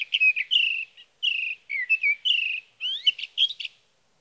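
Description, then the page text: Sage thrasher singing repeated buzzy, sustained phrases separated by short gaps, followed by a quick run of sharp notes. Male singing through the night near his night roost, Sierra Valley, California, June 12–15, 2018, evening to morning; recorded with a Swift recorder. "Sage thrasher songs, through the night. For three nights, from the evening of June 12 to the morning of June 15, 2018, in Sierra Valley, California, I placed a Swift recorder near a male's night roost."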